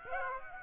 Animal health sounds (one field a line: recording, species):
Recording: mosquito wingbeat signal from an infrared sensor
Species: Aedes aegypti